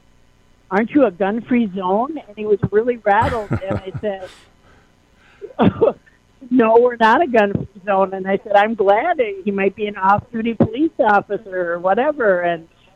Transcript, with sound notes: Aren't you a gun-free zone?"
(laughs)
And he was really rattled, and I said, (laughs) , "Oh, no, we're not a gun-free zone." And I said, "I'm glad. Uh, he might be an off-duty police officer or whatever."